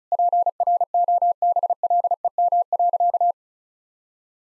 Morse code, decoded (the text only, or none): PROBLEM.